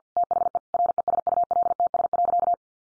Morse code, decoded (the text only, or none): THE RESULTS.